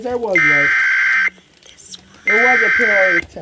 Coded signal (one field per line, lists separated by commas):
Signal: Emergency Alert System (SAME) tones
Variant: header bursts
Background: speech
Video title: SanabiaKnight gets a eas from a analog tv! | Sanabia LC